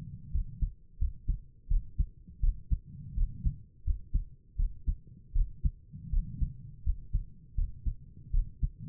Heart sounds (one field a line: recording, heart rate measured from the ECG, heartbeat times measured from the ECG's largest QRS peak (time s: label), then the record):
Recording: heart sounds by stethoscope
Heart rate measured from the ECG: 83 bpm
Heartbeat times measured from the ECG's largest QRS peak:
0.33 s: heartbeat
0.99 s: heartbeat
1.69 s: heartbeat
2.41 s: heartbeat
3.16 s: heartbeat
3.85 s: heartbeat
4.57 s: heartbeat
5.34 s: heartbeat
6.11 s: heartbeat
6.85 s: heartbeat
7.56 s: heartbeat
8.32 s: heartbeat
From the record:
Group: healthy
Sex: female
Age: 22 years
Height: 163 cm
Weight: 67.1 kg